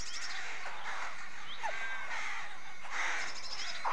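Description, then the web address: Rooks calling as a muffled chorus, rough caws blending together with no single bird standing out. Many rooks calling at a British rookery. "The BBC Sound Effects Library. Rookery"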